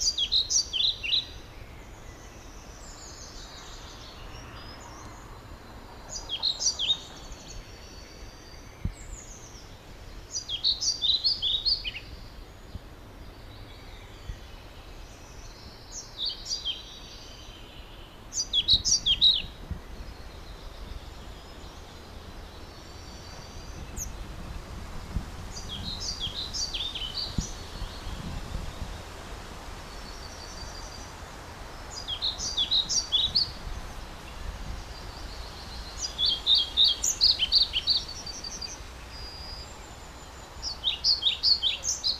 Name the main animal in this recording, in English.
European Pied Flycatcher